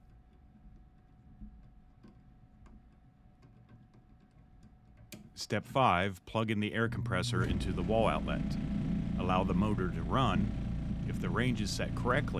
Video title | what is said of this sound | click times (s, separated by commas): How to adjust switch on GAST Air Compressor | Once open, we're going to turn the adjustment clockwise until it snaps closed. | 5.1 s